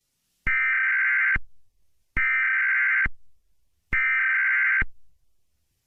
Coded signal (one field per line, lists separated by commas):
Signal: Emergency Alert System (SAME) tones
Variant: header bursts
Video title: EAS Mock VII: (Civil Emergency) 1992 LA Riots All Over Again...